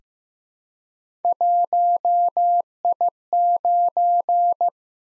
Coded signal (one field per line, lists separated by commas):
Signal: Morse code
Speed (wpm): 15 wpm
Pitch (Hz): 700 Hz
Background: none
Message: 1I9